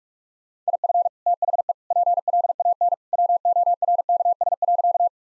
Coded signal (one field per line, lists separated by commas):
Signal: Morse code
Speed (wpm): 46 wpm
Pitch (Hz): 700 Hz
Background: none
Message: IF THE PLAN WORKS.